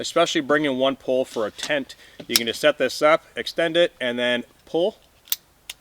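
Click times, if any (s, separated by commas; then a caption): 5.3 s. Someone talks while a folding carbon fiber trekking pole is extended and its sections are pulled together. At 5.3 s a sharp little click sounds as the spring-loaded locking pin pops into its hole and the section seats, followed by a second, softer tick at 5.7 s.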